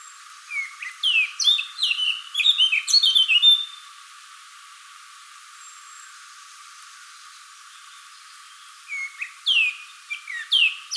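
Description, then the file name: Eurasian blackcap song: one burst of fast scratchy warbling with fluty notes, a long pause, then a second shorter burst of loud whistled notes. "Sylvia atricapilla"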